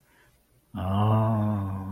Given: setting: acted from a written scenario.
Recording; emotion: vocal sound without words; guilt